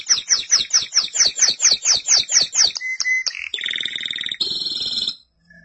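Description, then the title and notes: Canary song opening with a long run of downslurred notes in steady rhythm, then a short whistle and a high buzzy trill that stops abruptly. "BM Suara Kenari. BM Suara Burung Kenari"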